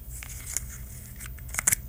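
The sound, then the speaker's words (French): A loosely fitted soda bottle cap twisting open, with a few small plastic clicks and a crisp crackle of the aluminium foil seal near the end, over a low steady hum. No one speaks. “C'est pas un si grand bruit que ça, c'est ben, juste un bouchon.”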